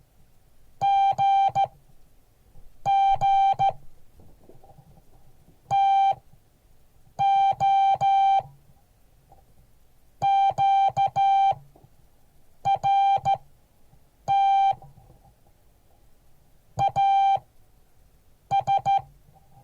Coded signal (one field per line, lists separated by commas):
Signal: Morse code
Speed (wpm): 15 wpm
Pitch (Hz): 790 Hz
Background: none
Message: GG TO QRT AS